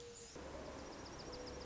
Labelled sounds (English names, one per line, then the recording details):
Mourning Dove
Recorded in Sonoma County, California